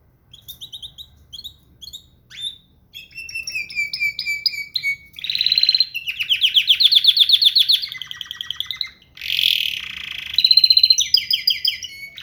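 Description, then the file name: Canary singing: scattered sharp chirps that build into long rapid trills, rolling buzzy passages and bright whistled notes, changing tour every second or two. "Gomez Juan biofonia canto canario"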